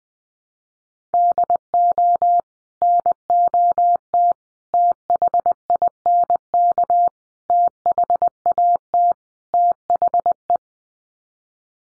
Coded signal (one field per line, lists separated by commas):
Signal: Morse code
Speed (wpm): 20 wpm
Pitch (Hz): 700 Hz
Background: none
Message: DO NOT THINK THAT THE